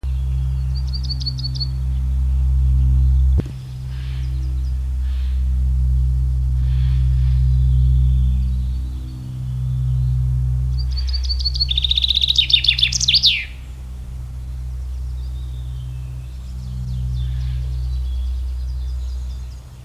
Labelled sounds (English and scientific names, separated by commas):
Common Chaffinch (Fringilla coelebs) song